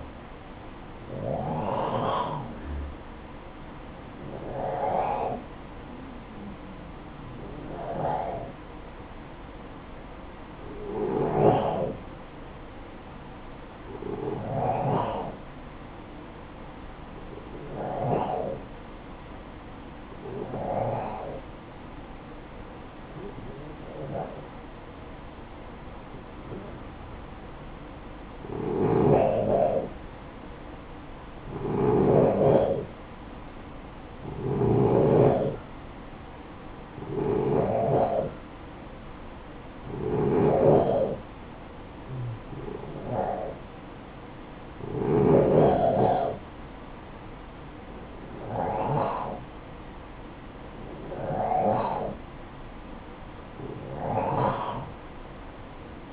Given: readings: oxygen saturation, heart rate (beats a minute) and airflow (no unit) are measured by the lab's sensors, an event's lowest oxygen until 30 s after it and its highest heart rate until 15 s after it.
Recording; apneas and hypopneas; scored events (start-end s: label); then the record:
breathing in sleep by a voice recorder at the bedside; 1
3.00-35.90 s: hypopnea (N1, oxygen 94% highest, then 89% lowest, heart rate 59 at the start, 63 highest)
13.00-56.12 s: new sleep stage, N2 (light sleep)
From the record:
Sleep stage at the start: N1 (lightest sleep); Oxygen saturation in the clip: 88 to 94%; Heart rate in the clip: 52 to 64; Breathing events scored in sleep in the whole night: 573 in 9.8 hours asleep